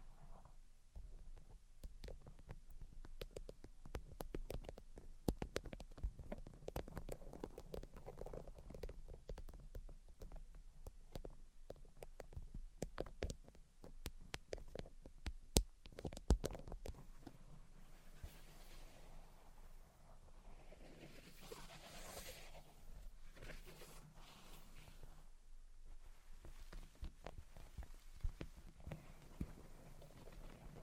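Fingertip tapping and scratching in quick, irregular bursts throughout, with softer tracing strokes after twenty seconds and a low rumble beneath.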